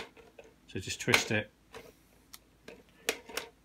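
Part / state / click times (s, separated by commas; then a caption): mesh filter into vacuum dust container / seated / 3.1 s. A washed mesh filter is pushed onto the dust container of a VAX TBTTV1B1 Cordless SlimVac 22.2 V bagless vacuum cleaner and twisted clockwise. Someone talks briefly, followed by a few light plastic ticks. A sharp click at 3.1 s marks the filter locking into place.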